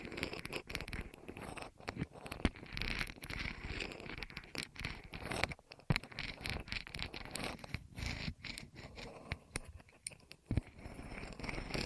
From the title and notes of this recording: ASMR Rolling On Your Ears (No Talking).